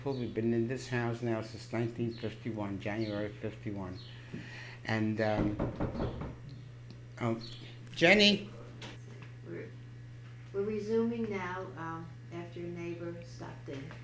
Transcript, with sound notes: We've been in this house now since 1951, January '51. And... ( knock at door ) ( break in tape )
We're resuming now after a neighbor stopped in.